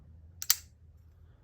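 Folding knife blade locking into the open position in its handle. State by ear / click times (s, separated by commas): seated / 0.4 s, 0.5 s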